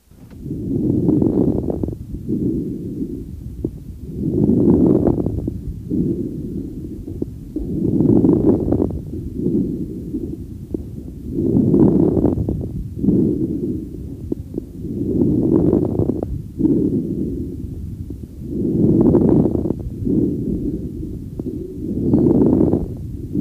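Late inspiratory crackles in an adult chest, heard by stethoscope over about 17 breaths per minute. These crackles arise in the peripheral airways, may occasionally come with an end-inspiratory wheeze, and are characteristic of restrictive pulmonary disease such as interstitial fibrosis, asbestosis, pneumonia, pulmonary congestion of heart failure, pulmonary sarcoidosis, scleroderma and rheumatoid lung.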